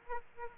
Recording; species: mosquito wingbeat signal from an infrared sensor; Aedes aegypti